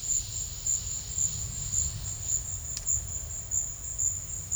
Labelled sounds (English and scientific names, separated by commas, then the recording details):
none
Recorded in secondary vegetation near Puerto Asís, Putumayo, Colombia, on 28 February 2025 at 13:00
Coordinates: 0.498, -76.327
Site G001